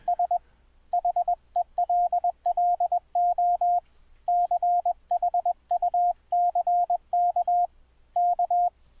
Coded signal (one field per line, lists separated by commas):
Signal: Morse code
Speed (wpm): 20 wpm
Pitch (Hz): 710 Hz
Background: radio noise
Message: S HELLO CHUCK K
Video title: iCW Cómo conectarse a INTERNET CW